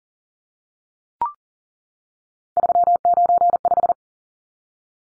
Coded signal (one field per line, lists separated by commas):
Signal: Morse code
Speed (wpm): 40 wpm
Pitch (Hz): 700 Hz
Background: none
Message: 395